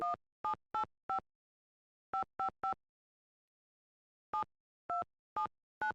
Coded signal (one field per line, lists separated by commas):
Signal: DTMF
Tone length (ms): 110 ms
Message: 1785 555 7279